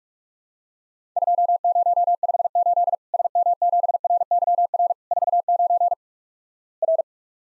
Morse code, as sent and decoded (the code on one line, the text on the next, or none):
..--- ----- ..... ---.. / ... -- --... .-. -.-- .-. / ....- ----. / .-.
2058 SM7RYR 49 R